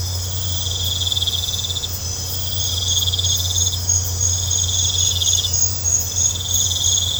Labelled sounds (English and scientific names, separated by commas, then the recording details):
none
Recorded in pastures near Puerto Asís, Putumayo, Colombia, on 21 December 2024 at 21:30
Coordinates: 0.502, -76.324
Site G077